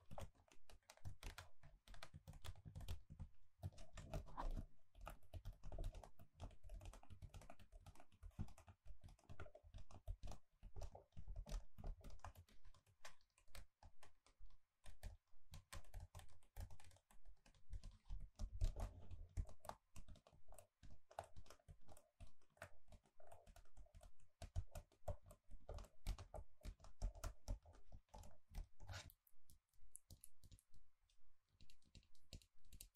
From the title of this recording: Gentle Tapping